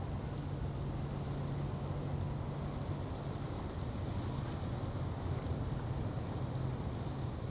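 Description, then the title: Crickets give a steady, very high continuous trill throughout, with strong low wind rumble underneath. Crickets recorded at Atins, Brazil, with wind in the background. "Atins, Brésil - Grillons - Crickets"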